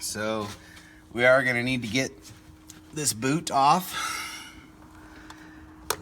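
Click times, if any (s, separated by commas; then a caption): 5.9 s. On a 2014–2019 Chevy Silverado or GMC Sierra, a man talks while routing the tow-mirror camera harness and works the rubber boot and its plastic retaining piece off the door-side wiring grommet. After some quiet handling noise, a sharp click at 5.9 s marks the plastic boot retainer releasing from the grommet.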